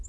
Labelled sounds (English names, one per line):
Townsend's Warbler flight call